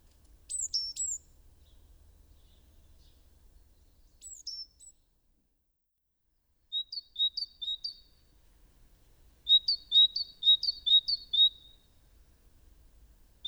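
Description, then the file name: Great tit song: a few sharp high notes at first, then after a pause rapid runs of clear two-note whistled phrases, the last run longer and louder. "Parus major"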